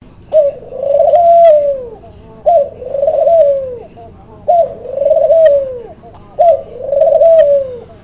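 Dove cooing, four soft, low phrases, each a short note then a longer drawn-out coo, repeated about every two seconds.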